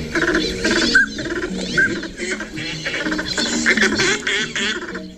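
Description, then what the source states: Northern Pintail calls: overlapping wheezy notes and short clear whistles, with rough buzzing sounds running throughout. Wheezy calls and whistles from the male; buzz-off sounds from a female.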